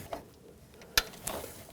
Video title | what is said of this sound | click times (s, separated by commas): How to Replace Alternator 2012-2020 Nissan Pathfinder | there we go you hear that click that's how you know it's unlocked | 1.0 s